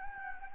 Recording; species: mosquito wingbeat signal from an infrared sensor; Anopheles gambiae